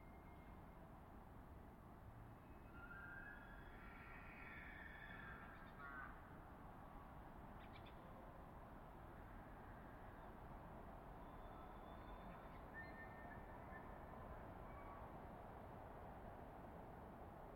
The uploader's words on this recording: Elk Bugling Bulls In The Distance. I spent another weekend in the Colockum Wildlife Area, camping at the border of Coffin Game Reserve for the last week of silence before firearm hunting season begins. The farther away a bull's bugle is heard in the distance, the more hillside and forest reverberation swallows it, the more musical and majestic it becomes.